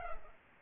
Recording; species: mosquito wingbeat signal from an infrared sensor; Culex pipiens